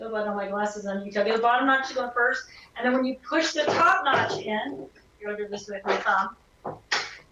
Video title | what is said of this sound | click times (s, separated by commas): The Craft House (17 March 23) | you'll hear that little click right that's how you know it's in there nice and tidy | 6.9 s